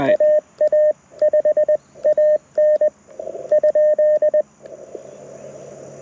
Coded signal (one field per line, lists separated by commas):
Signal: Morse code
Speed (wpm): 20 wpm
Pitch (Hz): 610 Hz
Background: radio noise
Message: AA5AN ?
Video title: Morse Code Monday #2 - 07/17/2023 @ K-4451